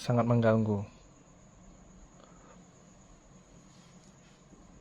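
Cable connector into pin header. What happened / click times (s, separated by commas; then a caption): The cable connector is handled but has not yet locked onto its header / none. A prepared cable connector is handled at its pin header while someone talks during the first second, followed by quiet background hiss with a faint soft tick near 2.2 s. The connector is not yet locked into the header, and nothing has seated or clicked yet.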